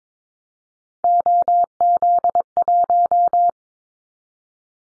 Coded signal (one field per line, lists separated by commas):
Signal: Morse code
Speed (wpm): 22 wpm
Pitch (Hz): 700 Hz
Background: none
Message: OZ1